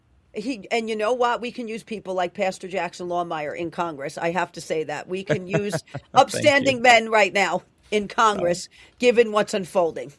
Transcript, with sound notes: And you know what? We can use people like Pastor Jackson Longmire in Congress, I have to say that.
(laughs) Thank you.
We can use upstanding men right now in Congress-
Right.
... given what's unfolding.